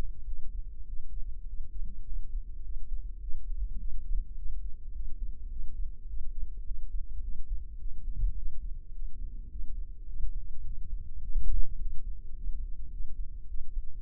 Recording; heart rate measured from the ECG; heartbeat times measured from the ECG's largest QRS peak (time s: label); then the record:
heart sounds by microphone in the left ear; 104 bpm
0.27 s: heartbeat
0.88 s: heartbeat
1.48 s: heartbeat
2.06 s: heartbeat
2.64 s: heartbeat
3.23 s: heartbeat
3.80 s: heartbeat
4.38 s: heartbeat
4.95 s: heartbeat
5.51 s: heartbeat
6.09 s: heartbeat
6.66 s: heartbeat
7.23 s: heartbeat
7.80 s: heartbeat
8.38 s: heartbeat
8.95 s: heartbeat
9.51 s: heartbeat
10.08 s: heartbeat
10.65 s: heartbeat
11.23 s: heartbeat
11.80 s: heartbeat
12.37 s: heartbeat
12.92 s: heartbeat
13.49 s: heartbeat
From the record:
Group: healthy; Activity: cold pressor test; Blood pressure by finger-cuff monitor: 141/93 mmHg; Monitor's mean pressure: 109 mmHg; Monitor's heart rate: 105 bpm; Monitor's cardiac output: 7.7 L/min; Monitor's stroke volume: 74 mL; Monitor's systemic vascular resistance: 1030 dyn s/cm5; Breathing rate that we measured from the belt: 17 breaths a minute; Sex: male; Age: 21 years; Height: 175 cm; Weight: 72.6 kg